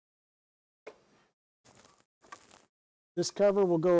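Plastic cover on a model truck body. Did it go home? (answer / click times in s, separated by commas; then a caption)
yes / 0.9 s. A 3D-printed plastic cover is slid onto the body of a model truck kit, positioned with the gas tap facing the back. It snaps into place with a single sharp click at 0.9 s, followed by a few faint handling rustles. Someone then talks.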